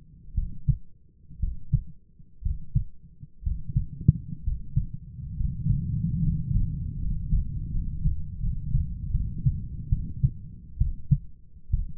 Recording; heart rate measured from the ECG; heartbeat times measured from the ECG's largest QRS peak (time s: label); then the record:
heart sounds by stethoscope; 69 bpm
0.34 s: heartbeat
1.39 s: heartbeat
2.42 s: heartbeat
3.42 s: heartbeat
4.43 s: heartbeat
5.36 s: heartbeat
6.21 s: heartbeat
6.98 s: heartbeat
7.70 s: heartbeat
8.39 s: heartbeat
9.11 s: heartbeat
9.89 s: heartbeat
10.77 s: heartbeat
11.70 s: heartbeat
From the record:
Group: healthy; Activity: rest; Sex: male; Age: 23 years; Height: 178 cm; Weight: 96.6 kg